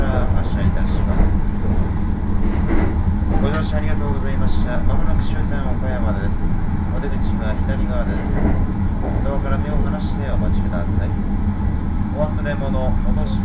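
Interior of the Rapid Marine Liner 40 on the Yosan Line, running from Takamatsu to Okayama. A steady, dense low rumble of the moving train fills the whole recording, with voices talking over it throughout and a brief sharp click near four seconds.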